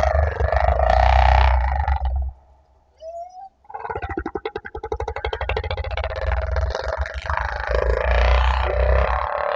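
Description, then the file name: Humpback whale song: dense, overlapping rumbling and buzzy pulsed sounds, with a brief rising whine during a short lull. Humpback whale off Madagascar. "Humpback Whale - Madagascar Whale One"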